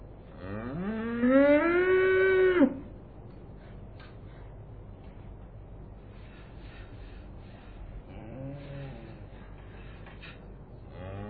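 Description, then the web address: Cow mooing, one long loud moo rising then holding steady for about two seconds, followed by quieter background noise and a fainter moo near the end. "Sound Effects Special FX 2. Cows"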